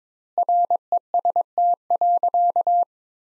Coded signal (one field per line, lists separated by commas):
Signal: Morse code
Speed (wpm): 22 wpm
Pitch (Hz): 700 Hz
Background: none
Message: REST.